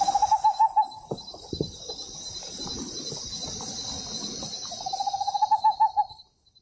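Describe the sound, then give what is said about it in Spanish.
A great horned owl gives a quick run of even, mid-pitched hoots, pauses, then repeats the series, over a steady high hiss of insects with scattered soft thumps in between. “canta la lechuza, canta la licucu, canta lentamente el ñacurutú, solito en la rama”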